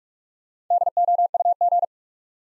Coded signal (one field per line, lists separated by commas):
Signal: Morse code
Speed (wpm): 41 wpm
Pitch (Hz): 700 Hz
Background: none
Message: DOUG